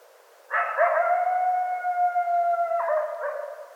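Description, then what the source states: Coyote howl: a sharp yelping onset breaks into a long, level, tonal howl held for about two seconds, ending in choppy yips. Recorded 25 January 2013.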